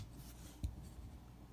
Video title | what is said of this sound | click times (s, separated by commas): Hot Wheels Star Wars Yoda’s Jedi Starfighter | Peg it in the port like so, hear that click, | 0.6 s